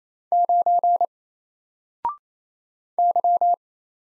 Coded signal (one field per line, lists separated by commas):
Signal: Morse code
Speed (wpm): 27 wpm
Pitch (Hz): 700 Hz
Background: none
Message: 9 Y